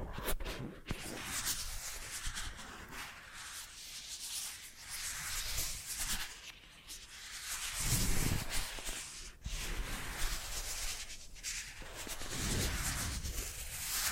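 Face brushing, a soft, dense scratchy rubbing made of quick back-and-forth strokes that keep going with no real pause. The bristly hiss stays bright and fairly even, swelling a little in a few places, with faint low thumps under it around 8 and 12 seconds.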